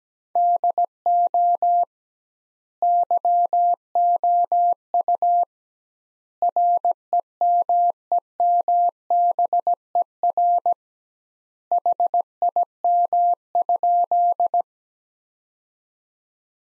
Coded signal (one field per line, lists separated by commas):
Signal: Morse code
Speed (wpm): 17 wpm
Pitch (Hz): 700 Hz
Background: none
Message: DO YOU REMEMBER HIM?